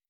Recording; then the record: hydrophone in a shrimp aquaculture tank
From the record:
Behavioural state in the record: weakened